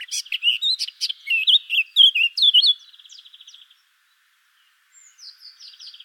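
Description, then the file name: Eurasian blackcap song: loud varied warbled whistles, then a dry rattling trill, a pause, and a faint buzzy phrase. "Sylvia atricapilla"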